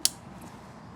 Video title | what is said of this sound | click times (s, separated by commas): I Still Can't Believe This Is My Motorcycle | Three satisfying clicks. | 0.1 s